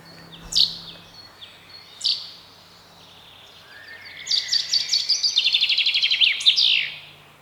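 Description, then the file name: Common chaffinch giving two sharp, high call notes about a second and a half apart, followed by a fast run of repeated notes ending in a flourish, with faint background hiss. "Fringilla coelebs"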